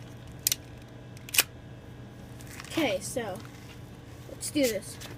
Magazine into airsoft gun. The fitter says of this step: push back up into it until it clicks. Okay,